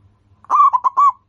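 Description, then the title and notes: Zebra dove song: one short phrase of four rounded cooing notes near one pitch, the first longest, then quiet. Local-strain zebra dove singing actively and often, described as having a loud, clear, crystal-like voice. "PERKUTUT LOKAL GACOR Suara KRISTAL LANTANG. Kicau Burung Perkutut"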